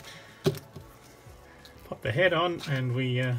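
The plastic head of a MOTU Origins action figure is pushed back onto its neck peg and pops into place with a sharp click at 0.5 s, seating it. Softer clicks follow at about 0.6, 1.7 and 1.9 s, and then someone talks.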